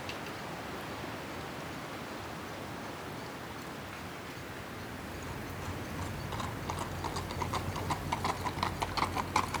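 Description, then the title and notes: Horse hoofbeats, a run of galloping thuds starting after six seconds and growing louder to the end, over a steady breezy background hiss. Another animal galloping past at a horse yard in Schuir, Essen, Germany, on a mild spring afternoon. "Schuir, Essen, Deutschland - essen, horse yard. Auf einem Pferdehof an einem milden Frühlingsnachmittag. Der Klang eines alten Gattertors, das sich im Wind bewegt, ein Pferd kaut Hafer, ein anderes Tier galoppiert vorbei, das Schnauben der Nüstern. Projekt - Stadtklang//: Hörorte"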